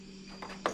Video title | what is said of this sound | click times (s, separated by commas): Gas powered Razor dune buggy finally broke!! | Nice click to | 0.7 s